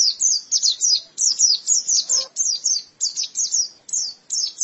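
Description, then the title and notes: White-eye song in short high twittering bursts, each a quick cluster of thin notes separated by brief gaps; a faint low sound near the middle. "Suara kicauan burung pleci"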